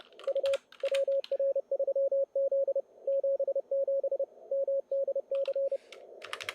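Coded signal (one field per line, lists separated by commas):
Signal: Morse code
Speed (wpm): 30 wpm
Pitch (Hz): 560 Hz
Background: none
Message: U WR3Z 77 MDC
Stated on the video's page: Live contest operation in the 2020 ARRL CW Sweepstakes, running stations on 40 meters on Saturday evening.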